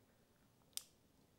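A Denali T3 light plug is pressed hard into the very tight wiring harness pass-through connector during a DialDim controller hookup on a Pan America. After quiet low background noise, one sharp, bright click sounds at 0.8 s and fades quickly. The snug plug snaps home and is seated.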